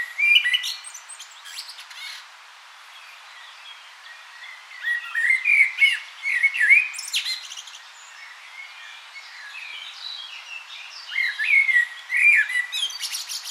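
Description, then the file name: Common blackbird giving three warbled phrases, mellow fluty runs with sharp high twitters, with quieter gaps between phrases. "Turdus merula"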